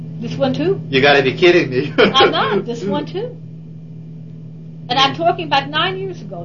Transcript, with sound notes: This one, too.
You've got to be kidding me. (Chuckle)
I'm not. This one, too. And I'm talking about nine years ago.